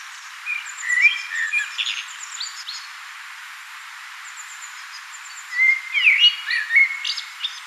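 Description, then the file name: Common blackbird singing a warbled fluty phrase that ends in high scratchy twitters, a quiet gap, then a second mellow phrase with a squeaky finish. "Turdus merula"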